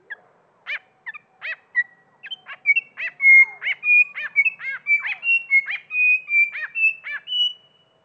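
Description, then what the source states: Grey fantail song, a rapid run of clipped harmonic chips interwoven with a level whistled tone, steady and lively throughout. Slowed down.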